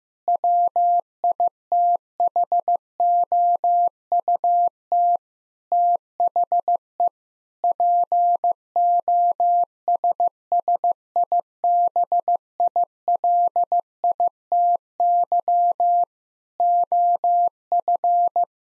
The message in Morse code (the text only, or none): WITHOUT THE POSSIBILITY OF